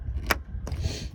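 On a Toyota 4Runner, the center pin of a plastic push-type trim rivet on the bumper/headlight trim is pressed in. It gives a sharp click at 0.3 s and a softer tick at 0.7 s over a low background rumble. The rivet is released so it can pop out.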